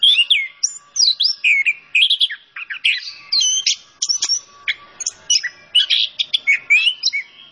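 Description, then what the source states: Orange-headed thrush singing a fast, varied medley of rich whistles, slurred notes and sharp chips, delivered almost continuously with a faint steady hum behind. Training song for songbirds; bird described as gacor, singing energetically.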